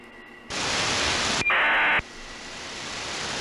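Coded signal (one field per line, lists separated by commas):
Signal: ACARS aircraft data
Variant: 2400 baud MSK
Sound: rush of static, a short whistle, then a half-second harsh buzzing data burst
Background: radio static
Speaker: and there's another one let's see what that is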